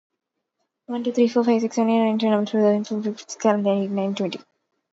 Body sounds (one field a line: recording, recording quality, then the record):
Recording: counting at a fast pace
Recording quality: excellent, no background noise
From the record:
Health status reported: exposed to COVID-19, no respiratory illness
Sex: female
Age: 22 years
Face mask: worn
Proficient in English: yes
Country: India